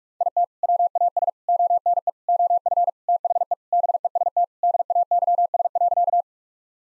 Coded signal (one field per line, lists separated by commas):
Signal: Morse code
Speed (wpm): 41 wpm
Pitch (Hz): 700 Hz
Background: none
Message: IT WAS ONE OF THE BEST DAYS.